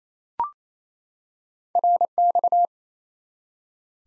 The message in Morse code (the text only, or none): RX